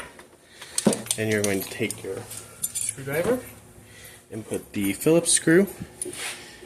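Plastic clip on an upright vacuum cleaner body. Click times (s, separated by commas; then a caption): 0.8 s. After the air belt is refitted during a cord reel replacement on a Sebo K3 upright vacuum cleaner, a plastic clip is angled up and pushed down onto the vacuum cleaner body. It snaps into place with a sharp click at 0.8 s, followed by a smaller tick and some light clattering. Someone talks throughout, and the clip ends up seated.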